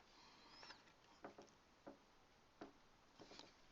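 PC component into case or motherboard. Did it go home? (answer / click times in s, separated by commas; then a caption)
no / none. A PC component is fitted into a case or motherboard during a PC build, producing a few quiet taps and knocks at about 1.2, 1.9, 2.6 and 3.4 seconds over a steady background hiss. Nothing has snapped into place and there is no click; the part did not snap in but looks secure.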